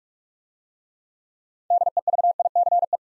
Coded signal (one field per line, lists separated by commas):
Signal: Morse code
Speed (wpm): 44 wpm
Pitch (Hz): 700 Hz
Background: none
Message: DEVICE